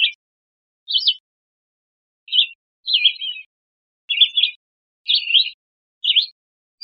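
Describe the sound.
Red-eyed vireo song: short, husky whistled phrases separated by short pauses, with a clean, quiet background.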